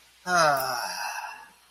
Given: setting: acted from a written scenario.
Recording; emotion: vocal sound without words; disappointment